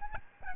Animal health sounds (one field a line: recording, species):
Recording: mosquito wingbeat signal from an infrared sensor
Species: Aedes albopictus